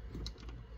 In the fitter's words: so it can only go in one way and you put it in there and twist it and you hear that click